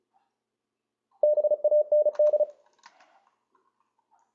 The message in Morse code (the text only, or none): BAND